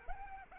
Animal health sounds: mosquito wingbeat signal from an infrared sensor; Anopheles arabiensis

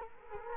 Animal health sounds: mosquito wingbeat signal from an infrared sensor; Culex quinquefasciatus

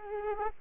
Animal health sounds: mosquito wingbeat signal from an infrared sensor; Aedes aegypti

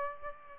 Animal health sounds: mosquito wingbeat signal from an infrared sensor; Aedes albopictus

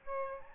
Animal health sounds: mosquito wingbeat signal from an infrared sensor; Aedes albopictus

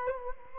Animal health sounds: mosquito wingbeat signal from an infrared sensor; Culex quinquefasciatus

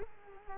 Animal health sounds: mosquito wingbeat signal from an infrared sensor; Culex quinquefasciatus

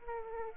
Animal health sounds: mosquito wingbeat signal from an infrared sensor; Aedes aegypti

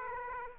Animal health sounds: mosquito wingbeat signal from an infrared sensor; Aedes aegypti

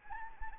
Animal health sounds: mosquito wingbeat signal from an infrared sensor; Anopheles arabiensis

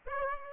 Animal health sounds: mosquito wingbeat signal from an infrared sensor; Aedes aegypti

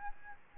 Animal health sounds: mosquito wingbeat signal from an infrared sensor; Aedes albopictus

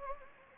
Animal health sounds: mosquito wingbeat signal from an infrared sensor; Anopheles gambiae

